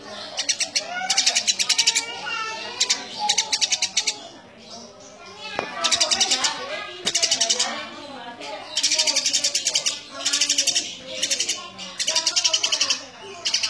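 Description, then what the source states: Eurasian tree sparrow delivering repeated bursts of quick, harsh chirping notes separated by short gaps. Sparrow in full, vigorous voice giving dense, rapid nyecret chattering.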